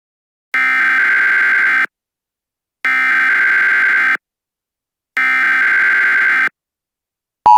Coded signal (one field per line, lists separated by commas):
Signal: Emergency Alert System (SAME) tones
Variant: header bursts